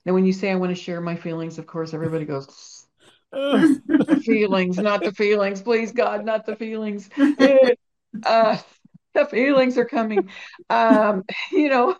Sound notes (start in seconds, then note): 3.3 laughs; 7.1 laughs